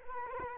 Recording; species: mosquito wingbeat signal from an infrared sensor; Culex quinquefasciatus